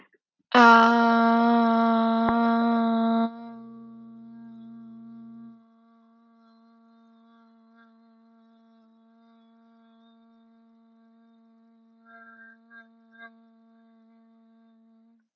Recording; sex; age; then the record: vowel held as long as possible; female; 30 to 39 years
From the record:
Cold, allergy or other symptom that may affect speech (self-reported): no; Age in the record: 31 years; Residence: California, United States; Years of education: 18